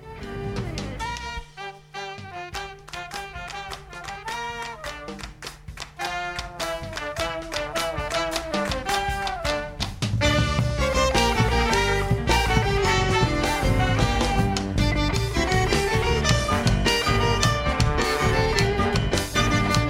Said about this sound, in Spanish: Un cachitito de esta cortina que estamos escuchando de fondo.